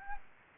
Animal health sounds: mosquito wingbeat signal from an infrared sensor; Anopheles gambiae

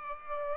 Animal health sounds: mosquito wingbeat signal from an infrared sensor; Aedes aegypti

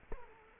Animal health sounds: mosquito wingbeat signal from an infrared sensor; Culex quinquefasciatus

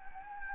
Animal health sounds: mosquito wingbeat signal from an infrared sensor; Anopheles gambiae

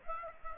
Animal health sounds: mosquito wingbeat signal from an infrared sensor; Aedes aegypti

